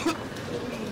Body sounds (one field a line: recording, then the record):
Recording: coughing mixed with background sound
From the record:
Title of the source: 64 coughing, allergies, singing lungs